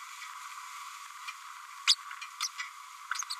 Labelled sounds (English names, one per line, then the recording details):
Green-rumped Parrotlet babbling
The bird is a female
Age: 31 days
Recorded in a nest box in Venezuela
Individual 17B102A5